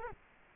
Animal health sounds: mosquito wingbeat signal from an infrared sensor; Culex quinquefasciatus

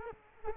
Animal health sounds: mosquito wingbeat signal from an infrared sensor; Culex quinquefasciatus

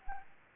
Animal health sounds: mosquito wingbeat signal from an infrared sensor; Anopheles arabiensis

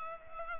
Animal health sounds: mosquito wingbeat signal from an infrared sensor; Culex pipiens

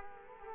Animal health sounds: mosquito wingbeat signal from an infrared sensor; Culex quinquefasciatus

